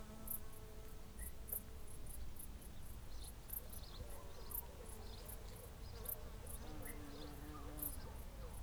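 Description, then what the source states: Insects giving short, high ticking pulses in a steady series, with faint tonal notes and a low hum underneath. Hedgerow ambience with insects.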